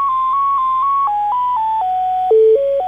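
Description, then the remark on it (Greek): A telephone hold tone during a call to a primary school in Psachna, Greece: a steady run of pure electronic beeps, first repeating on one pitch, then stepping down through lower notes in a simple, evenly paced melody, with no voices. “Περιμένετε μισό λεπτό στο τηλέφωνο. Περιμένω. Μισό λεπτό.”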